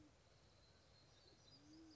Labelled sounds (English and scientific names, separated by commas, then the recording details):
Band-tailed Pigeon (Patagioenas fasciata)
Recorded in Sonoma County, California